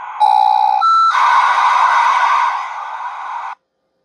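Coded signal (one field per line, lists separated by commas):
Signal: dial-up modem handshake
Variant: 56k modem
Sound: a short low tone, a higher tone, then harsh broadband hiss that stops suddenly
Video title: NetZero Dial-Up in 2023 on a 56k US Robotics Modem!! #shorts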